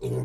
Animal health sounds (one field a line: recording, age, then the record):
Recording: pig call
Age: weaner (32 to 43 days)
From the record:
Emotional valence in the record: negative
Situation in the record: short isolation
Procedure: open field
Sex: female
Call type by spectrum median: low-frequency call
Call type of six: low-frequency stable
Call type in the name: low-frequency stable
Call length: 0.25 s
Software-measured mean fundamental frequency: 57 Hz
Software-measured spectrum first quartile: 127 Hz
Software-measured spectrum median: 265 Hz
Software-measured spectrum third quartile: 474 Hz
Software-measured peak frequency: 396 Hz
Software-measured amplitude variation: 87 dB a second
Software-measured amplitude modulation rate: 18.0 a second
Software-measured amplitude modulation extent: 4.8 dB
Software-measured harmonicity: 1.1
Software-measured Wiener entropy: -0.58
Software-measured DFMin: 824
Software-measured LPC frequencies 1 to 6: 385, 2411, 3705, 5571, 6314, 7299 Hz